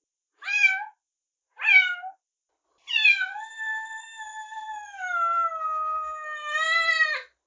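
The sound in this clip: Cat: kitten meows: two short cries followed by one long, sustained, wavering meow.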